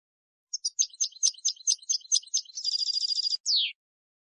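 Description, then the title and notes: European goldfinch song: twittering high notes in a quick sequence, a tight fast trill, then one falling buzzy note to finish; quiet background. Clean goldfinch song from a CD, for copying in song training of birds. "Cd Jilguero. Cd de canto de jilguero limpio para copia"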